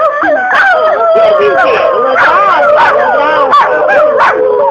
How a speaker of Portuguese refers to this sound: O pior foi quando chegou um rapaz com dois enormes cães malhados. Que vinham com dores de dentes. Choravam, choravam.